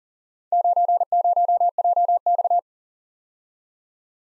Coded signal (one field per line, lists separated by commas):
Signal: Morse code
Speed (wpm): 42 wpm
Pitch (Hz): 700 Hz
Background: none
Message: 90JX